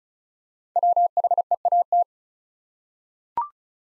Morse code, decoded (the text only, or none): WHEAT